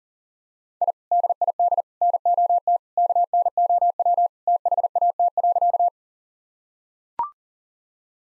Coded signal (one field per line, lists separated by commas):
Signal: Morse code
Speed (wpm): 40 wpm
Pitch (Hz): 700 Hz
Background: none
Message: I DID NOT KNOW THAT.